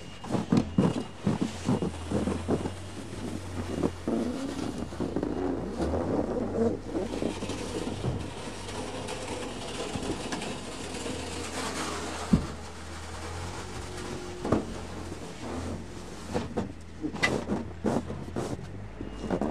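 Snow being cleared, with irregular scrapes and sharp thuds coming in quick bursts, densest over the first eight seconds. A calmer stretch follows with a single loud knock near the middle, then the thumps pick up again. A low, steady engine-like hum runs underneath.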